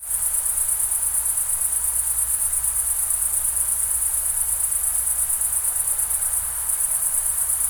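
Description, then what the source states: Crickets chirping in a dense, continuous high-pitched pulsing chorus, with a steady low rumble like a river underneath. Summer night ambience in the Pyrenees mountains, France, with crickets and a distant river.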